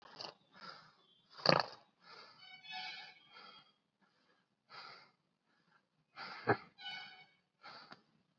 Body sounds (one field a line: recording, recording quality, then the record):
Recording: shallow breathing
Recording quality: excellent, no background noise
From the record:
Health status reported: COVID-19 positive, mild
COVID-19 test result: positive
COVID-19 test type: RT-PCR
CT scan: not taken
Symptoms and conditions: cough, diabetes, another condition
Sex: male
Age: 55 years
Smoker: yes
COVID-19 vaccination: both doses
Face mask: worn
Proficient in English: yes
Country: India